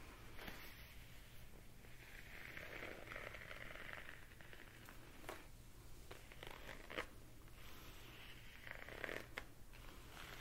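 Layered sounds of hand movements: soft rustling and rubbing swell and fade in waves, with short sharp scrapes and ticks every second or so. A steady low hum runs underneath the whole time, and the louder brushing passes cluster around three and eight seconds.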